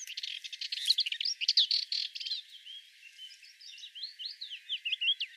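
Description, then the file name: Sardinian warbler song: a dense, harsh rattling chatter for nearly three seconds, easing into softer, slower whistled and slurred notes. "Fauvette melanocephale"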